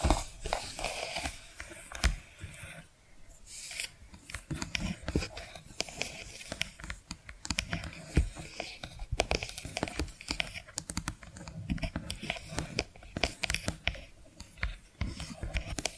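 Dense, uneven tapping and scratching with frequent sharp clicks and brief crinkling bursts, continuing throughout with only short quieter gaps.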